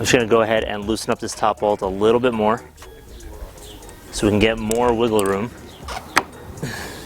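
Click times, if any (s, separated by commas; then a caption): 6.2 s. Someone talks while loosening the top bolt for more wiggle room and rotating a roof rack crossbar mounting foot, with its rubber seal, back onto the roof rail of a 2014–2018 Subaru Forester XT. A sharp click at 6.2 s marks the foot snapping into place on the rail, fully seated.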